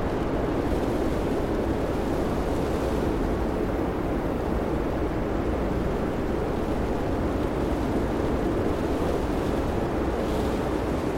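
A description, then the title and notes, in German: A snowstorm roars steadily around a car, a dense low rumble that never lets up, with the car's heater blowing an even stream underneath. The sound stays at one level for the whole stretch, with faint brighter hiss swelling briefly near the start, middle and end. Schneesturm | Natürliches Weißes Rauschen im Auto-Kokon. Jede Schneeflocke, die auf das Fenster trifft, erinnert sanft an die rohe Kraft der Natur, und doch sind Sie von Wärme umhüllt, während die Heizung des Autos einen beruhigenden und gleichmäßigen Wärmestrom zirkuliert.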